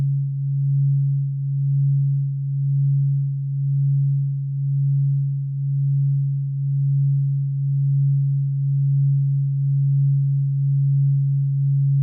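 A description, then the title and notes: A binaural beat: a pure, low tone held steady for the whole twelve seconds, sitting around a deep hum with nothing above it. The loudness swells and dips gently about once a second, a slow regular wobble, with no other sounds present. Bineural beat.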